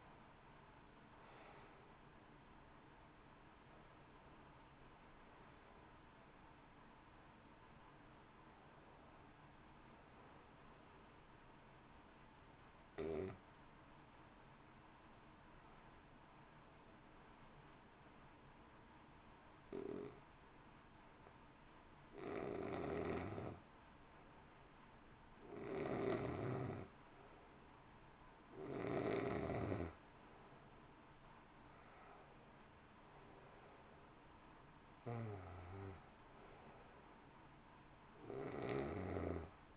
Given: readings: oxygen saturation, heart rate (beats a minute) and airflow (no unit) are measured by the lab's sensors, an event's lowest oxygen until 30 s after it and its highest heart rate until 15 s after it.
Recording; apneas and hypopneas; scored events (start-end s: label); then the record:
breathing in sleep by a voice recorder at the bedside; 1
6.00-36.00 s: new sleep stage, N1 (lightest sleep)
14.00-28.90 s: hypopnea (N1, oxygen 94% highest, then 88% lowest, heart rate 54 at the start, 63 highest)
36.00-39.77 s: new sleep stage, N2 (light sleep)
From the record:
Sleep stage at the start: N2 (light sleep); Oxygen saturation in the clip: 87 to 94%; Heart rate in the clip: 53 to 70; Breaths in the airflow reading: 13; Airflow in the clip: -1.5 to 2.2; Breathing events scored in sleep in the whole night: 328 in 6.3 hours asleep